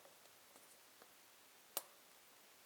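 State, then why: Seated. The second spark plug boot is pressed onto its spark plug terminal on a Scag mower engine. Against quiet background with a few faint ticks, one sharp click lands at 1.8 s as the boot snaps on and seats, making the electrical connection.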